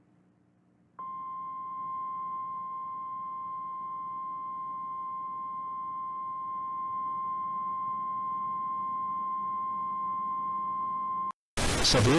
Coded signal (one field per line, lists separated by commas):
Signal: Emergency Alert System (SAME) tones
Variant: 1050 Hz attention tone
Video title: EAS CODE: JKSSDNFNL58LK